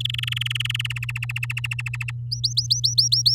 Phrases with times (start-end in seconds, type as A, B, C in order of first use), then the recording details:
0.00-0.93 A, 0.96-2.11 B, 2.31-3.34 C. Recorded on 10 May 2018 at 12:33. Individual llb16